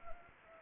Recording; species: mosquito wingbeat signal from an infrared sensor; Anopheles gambiae